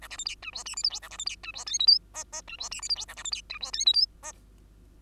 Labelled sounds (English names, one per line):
Bengalese Finch song